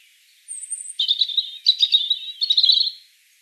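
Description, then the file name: European robin singing thin, high, warbling phrases: a short high whistle, then three sparkling, varied bursts of trills and twitters with brief pauses between them. "Erithacus rubecula"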